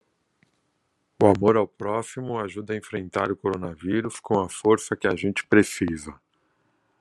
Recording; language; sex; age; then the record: spoken sentence; Brazilian Portuguese; male; 40 to 49 years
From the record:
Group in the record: control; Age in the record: 49 years